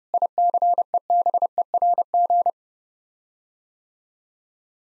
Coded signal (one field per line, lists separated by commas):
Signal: Morse code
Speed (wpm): 32 wpm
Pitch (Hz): 700 Hz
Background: none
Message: ICEBERG